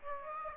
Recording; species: mosquito wingbeat signal from an infrared sensor; Aedes aegypti